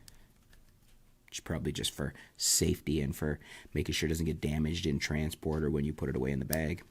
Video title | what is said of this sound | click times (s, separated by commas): CANON M50 Unboxing and Initial Impressions | we've got it looks like we've got a there we go a little lock on there for when it come when you close it down it locks into place which | 0.1 s